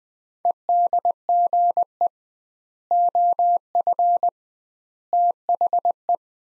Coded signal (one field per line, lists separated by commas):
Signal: Morse code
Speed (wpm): 20 wpm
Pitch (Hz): 700 Hz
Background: none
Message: EDGE OF THE